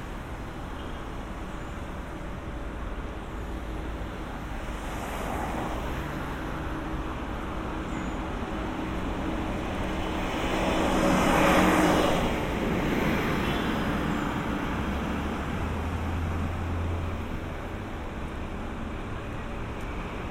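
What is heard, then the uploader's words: A walk through a city park with a steady wash of traffic filling the background. A vehicle swells past around the five-second mark and a louder one passes near twelve seconds, and a low rumble briefly rises near fifteen seconds. Walk through Central Park. A walk from east to west across central park around 72nd street.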